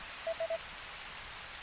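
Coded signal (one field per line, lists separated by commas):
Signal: none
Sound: a game's sound effect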